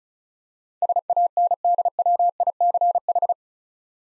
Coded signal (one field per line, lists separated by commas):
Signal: Morse code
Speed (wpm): 36 wpm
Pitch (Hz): 700 Hz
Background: none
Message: SANDWICH